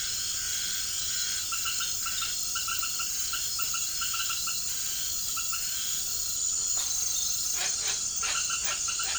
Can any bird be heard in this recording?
no